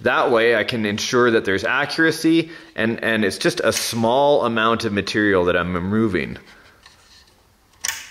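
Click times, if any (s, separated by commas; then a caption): 7.8 s. A painted plastic shifter piece, its holes hand-drilled a little larger, is pressed onto the two mounting posts of a 1/6 scale RC car interior. Someone talks for most of the clip, then after a quieter stretch there is a sharp click at 7.8 s as the shifter pops into place.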